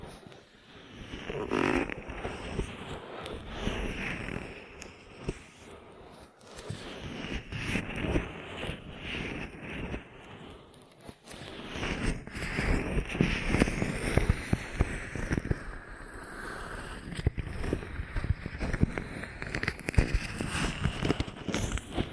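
Ear massage sounds: steady rubbing and brushing with dense crackles, brief pauses near six and eleven seconds, then busier, louder scratching to the end.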